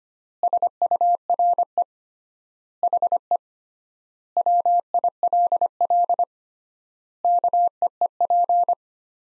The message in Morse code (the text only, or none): SURE HE WILL KEEP